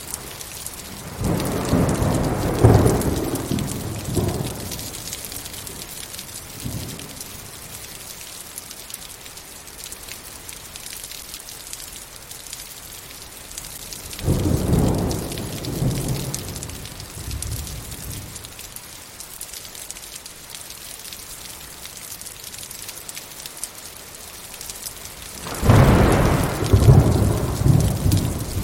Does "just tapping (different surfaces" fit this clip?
no